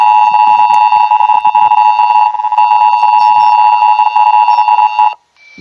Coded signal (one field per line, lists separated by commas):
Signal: Emergency Alert System (SAME) tones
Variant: 853 and 960 Hz attention tone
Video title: EAS Scenario #6 Robert The Shark Error Part 2